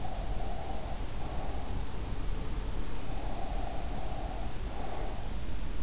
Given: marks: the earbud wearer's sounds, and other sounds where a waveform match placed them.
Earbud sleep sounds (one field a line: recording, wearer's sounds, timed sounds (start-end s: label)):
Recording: sounds in sleep by an in-ear microphone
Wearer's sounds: breath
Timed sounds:
0.00-1.61 s: breath
3.16-5.16 s: breath